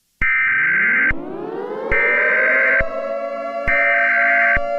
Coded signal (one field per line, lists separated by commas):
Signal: Emergency Alert System (SAME) tones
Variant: header bursts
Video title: EAS Scenario 1